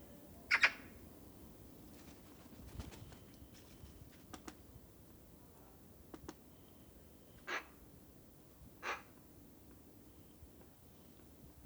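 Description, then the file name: Eurasian magpie giving one loud harsh rasping call, followed by a few fainter, clipped calls at uneven intervals, with soft clicks and hiss. "Pica pica"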